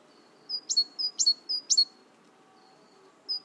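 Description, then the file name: Great tit giving a quick run of three high two-part phrases, each a thin whistle dropping into a sharp note, then a short gap before another begins. "Parus major"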